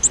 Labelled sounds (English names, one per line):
Virginia's Warbler flight call